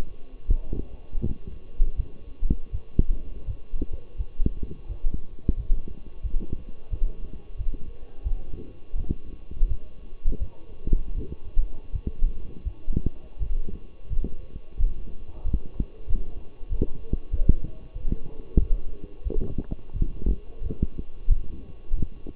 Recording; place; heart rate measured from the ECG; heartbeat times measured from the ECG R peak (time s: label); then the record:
heart sounds by stethoscope; between the tricuspid and mitral areas; 87 bpm
0.48 s: heartbeat
1.22 s: heartbeat
1.96 s: heartbeat
2.71 s: heartbeat
3.46 s: heartbeat
4.17 s: heartbeat
4.87 s: heartbeat
5.56 s: heartbeat
6.22 s: heartbeat
6.90 s: heartbeat
7.57 s: heartbeat
8.24 s: heartbeat
8.96 s: heartbeat
9.68 s: heartbeat
10.39 s: heartbeat
11.14 s: heartbeat
11.92 s: heartbeat
12.64 s: heartbeat
13.39 s: heartbeat
14.09 s: heartbeat
14.77 s: heartbeat
15.44 s: heartbeat
16.07 s: heartbeat
16.69 s: heartbeat
17.31 s: heartbeat
17.94 s: heartbeat
18.59 s: heartbeat
19.24 s: heartbeat
19.93 s: heartbeat
20.62 s: heartbeat
21.28 s: heartbeat
21.95 s: heartbeat
From the record:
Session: walking at 3.7 km/h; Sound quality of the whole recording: partially saturated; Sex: male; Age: 24 years